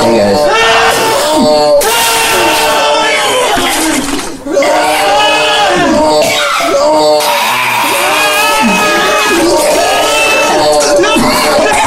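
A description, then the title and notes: A cringe sound effect of loud, strained vocal squealing and groaning with wavering, bending pitch, nearly continuous except for a brief pause near four seconds. Cringe Sound Effect.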